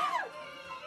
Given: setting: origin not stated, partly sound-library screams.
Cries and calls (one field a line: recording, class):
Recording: one-second piece from a danger detection set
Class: woman in danger